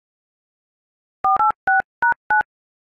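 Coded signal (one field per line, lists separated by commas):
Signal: DTMF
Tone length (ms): 140 ms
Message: 486#9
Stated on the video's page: DTMF tones played on an iPhone keypad, rendering the McDonald's "I'm lovin' it" jingle.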